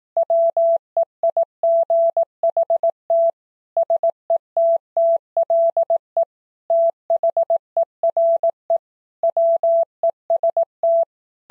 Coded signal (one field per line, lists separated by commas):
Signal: Morse code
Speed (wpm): 18 wpm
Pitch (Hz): 670 Hz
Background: none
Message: WEIGHT SETTLE THERE WEST